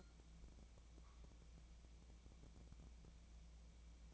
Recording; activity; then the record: daily activity, microphone in the room; take from stove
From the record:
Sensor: 1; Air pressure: 1000.0 hPa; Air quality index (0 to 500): 132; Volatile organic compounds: 2 ppm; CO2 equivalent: 1254 ppm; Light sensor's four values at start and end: 43/109/46/57 and 43/109/46/57